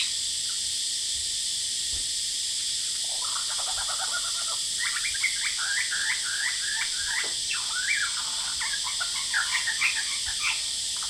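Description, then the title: Lyrebird song: a short warbled phrase, then a long rapid series of repeated chirps and whistles, under a loud steady cicada chorus. Male, calling very actively outside a window, Horsfield Bay, New South Wales, Australia, 23 January 2017; loud cicadas present; recording noise-reduced. "Lyrebird - Horsfield Bay NSW, Jan 23 2017"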